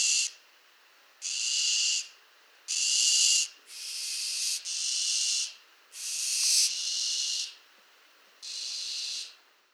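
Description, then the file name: Barn owl screeching: several drawn-out hissing rasps, some nearly running together, against a quiet background. France, 16 October 2005, 04:30. "Effraie-des-clochers 20051016 0430 F-Française"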